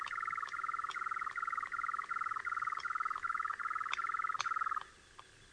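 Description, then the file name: European nightjar churring: a mid-pitched purring trill in short bursts, each about half a second long, running on steadily and stopping near the end. "lelek"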